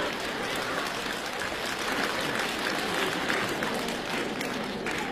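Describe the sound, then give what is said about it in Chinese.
An audience applauds steadily for about five seconds after a comic song is sung on stage, a dense, even wash of many hands clapping at a fairly constant loudness, with a faint murmur of crowd voices underneath. “各位还鼓掌呢”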